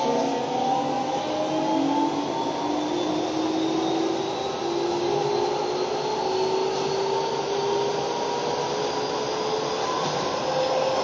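A Keio 5000 series train runs with a steady, dense roar, while several motor whines glide slowly upward in pitch throughout.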